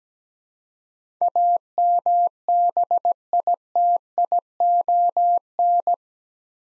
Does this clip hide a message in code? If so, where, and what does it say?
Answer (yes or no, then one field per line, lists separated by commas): yes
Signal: Morse code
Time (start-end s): 1.2-5.9 s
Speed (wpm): 17 wpm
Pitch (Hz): 700 Hz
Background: none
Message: AMBITION